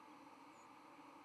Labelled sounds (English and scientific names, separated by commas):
White-throated Sparrow (Zonotrichia albicollis) flight call